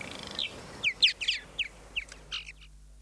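Purple martin song of bright, clipped chirps spaced irregularly, some in quick doublets, over a faint low hum.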